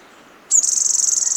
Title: Myiothlypis Nigrocristata